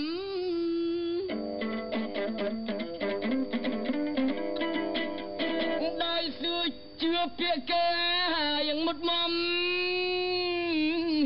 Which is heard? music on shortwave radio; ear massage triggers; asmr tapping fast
music on shortwave radio